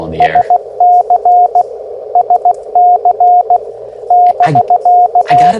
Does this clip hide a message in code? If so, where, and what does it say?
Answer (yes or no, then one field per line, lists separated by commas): yes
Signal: Morse code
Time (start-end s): 0.2-5.5 s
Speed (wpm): 16 wpm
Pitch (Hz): 720 Hz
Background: speech, radio noise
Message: SC SC <BK>